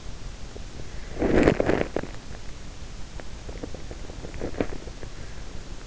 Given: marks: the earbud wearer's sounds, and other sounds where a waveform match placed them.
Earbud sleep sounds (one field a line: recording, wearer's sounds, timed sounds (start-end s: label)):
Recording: sounds in sleep by an in-ear microphone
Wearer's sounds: teeth grinding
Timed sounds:
1.02-2.20 s: teeth grinding
4.20-4.99 s: teeth grinding